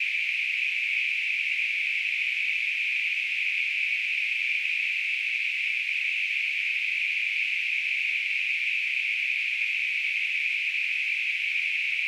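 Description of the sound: Simulated tinnitus: a steady, unchanging narrow band of hissing noise centred around 2.5 kHz, continuous throughout, with no low-frequency content.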